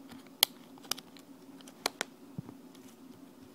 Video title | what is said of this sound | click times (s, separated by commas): MacBook spacebar detail fixing, cleaning, or replacing | the top is snaap back into place I want to get the bottom snaap back in without | 0.4 s